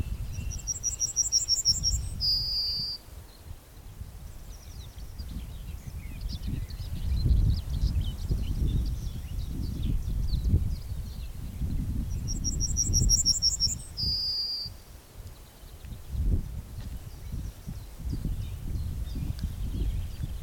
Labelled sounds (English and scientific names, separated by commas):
Yellowhammer (Emberiza citrinella)